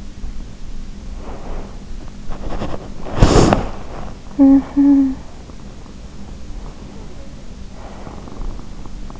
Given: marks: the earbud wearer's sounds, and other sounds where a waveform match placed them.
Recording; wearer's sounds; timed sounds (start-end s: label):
sounds in sleep by an in-ear microphone; breath, body movement, talking in sleep
0.22-1.93 s: breath
2.18-5.40 s: body movement
4.27-5.35 s: talking in sleep
6.44-9.19 s: breath